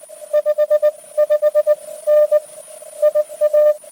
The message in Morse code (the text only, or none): 55 N IA